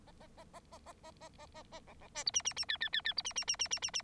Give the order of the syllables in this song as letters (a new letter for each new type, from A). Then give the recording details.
A A A A A A A A A A A B B C D E E E F F F F D E E E E E E E. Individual Bird9